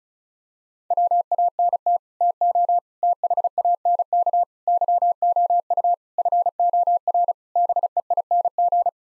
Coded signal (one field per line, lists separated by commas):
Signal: Morse code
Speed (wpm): 34 wpm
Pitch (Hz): 700 Hz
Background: none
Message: WANT TO THANK YOU FOR BEING